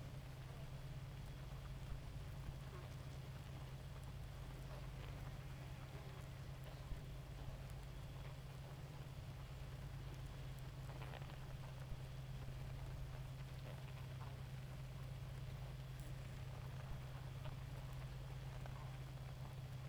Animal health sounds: honeybee colony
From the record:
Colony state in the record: active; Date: 28 July 2017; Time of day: 2:35

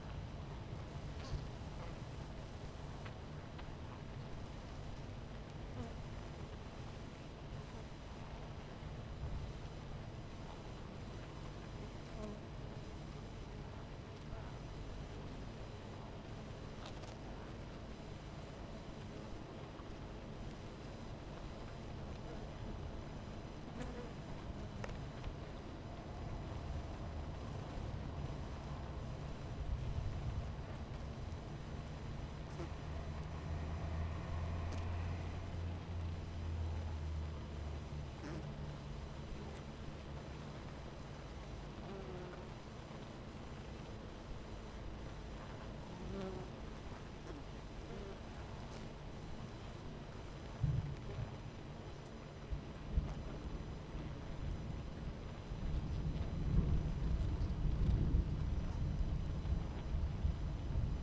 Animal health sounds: honeybee colony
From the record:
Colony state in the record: missing queen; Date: 14 July 2017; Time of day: 11:20

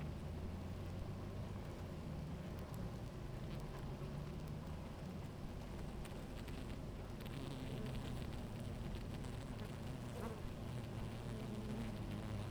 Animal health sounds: honeybee colony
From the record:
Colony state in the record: active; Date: 28 July 2017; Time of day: 17:13

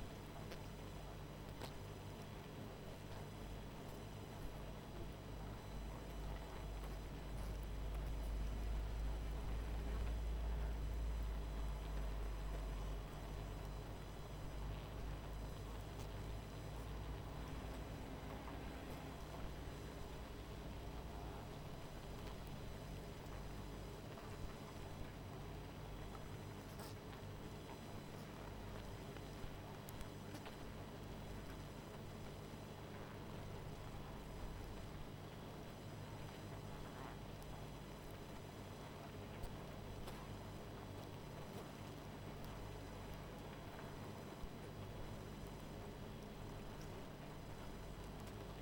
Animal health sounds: honeybee colony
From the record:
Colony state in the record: missing queen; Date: 14 July 2017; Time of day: 20:18

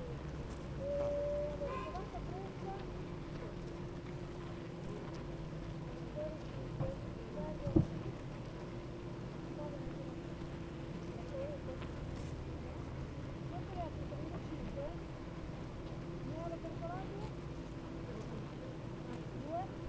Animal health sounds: honeybee colony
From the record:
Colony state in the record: active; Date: 28 July 2017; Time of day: 8:32

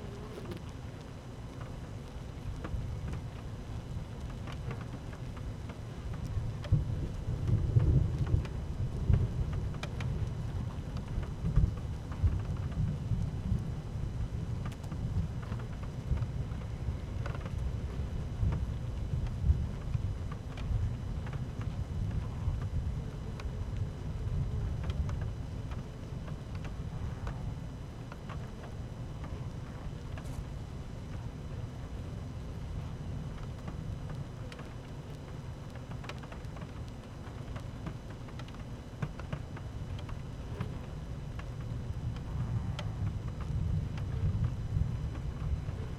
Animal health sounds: honeybee colony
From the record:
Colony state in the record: active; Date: 12 June 2018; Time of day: 12:47

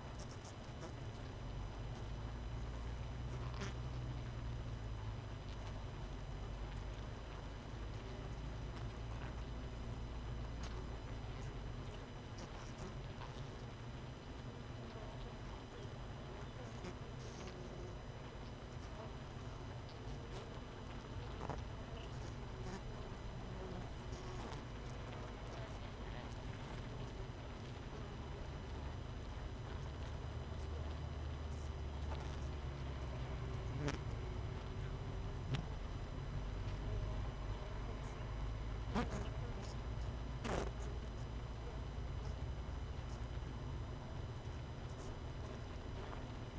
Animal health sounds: honeybee colony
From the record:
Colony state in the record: missing queen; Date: 31 May 2018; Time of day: 18:12

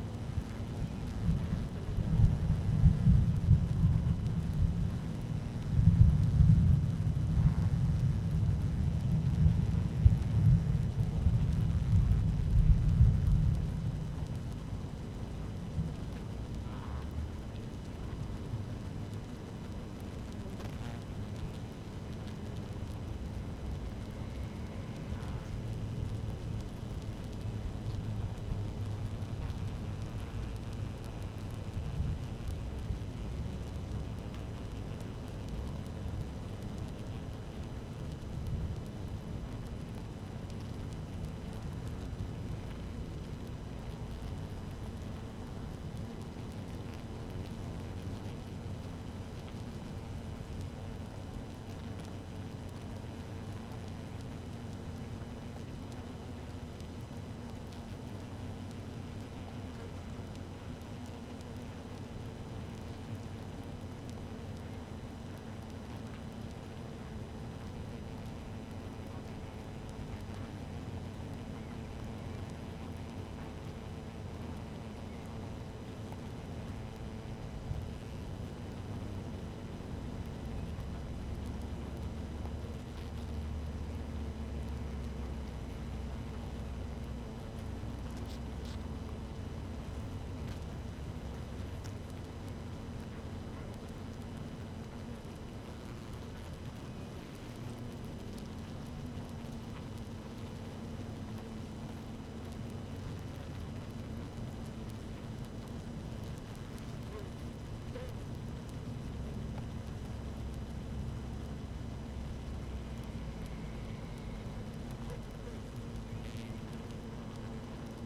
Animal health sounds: honeybee colony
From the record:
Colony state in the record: active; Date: 12 June 2018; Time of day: 13:33

